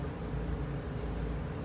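Thread is guided through the small slit of a sewing-machine bobbin case toward the tension spring, with only a steady, low, broadband hum heard throughout. Nothing has clicked into place under the tension spring yet.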